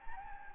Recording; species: mosquito wingbeat signal from an infrared sensor; Anopheles gambiae